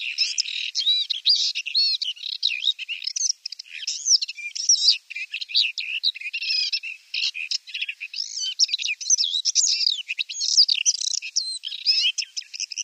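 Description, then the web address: Paddyfield warbler singing a fast, continuous, scratchy warble of varied chirps, trills and rapid up-and-down whistled notes, barely pausing throughout. "Schulze Peter Paddyfield Warbler song"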